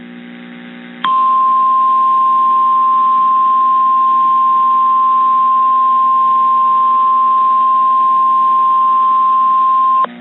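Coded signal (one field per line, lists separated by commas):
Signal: Emergency Alert System (SAME) tones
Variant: 1050 Hz attention tone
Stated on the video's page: Real storm EAS alerts.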